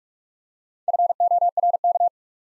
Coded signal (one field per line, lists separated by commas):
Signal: Morse code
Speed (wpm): 44 wpm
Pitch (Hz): 700 Hz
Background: none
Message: FORK